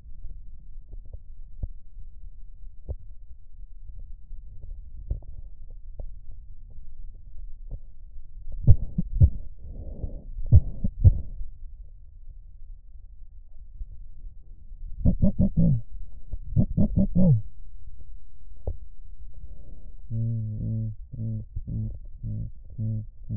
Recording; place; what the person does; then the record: lung sounds by stethoscope; right posterior apical chest; quiet breathing, then cough and speech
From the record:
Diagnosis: none (healthy); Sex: male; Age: 23 years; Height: 185 cm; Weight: 93 kg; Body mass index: 27.2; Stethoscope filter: extended mode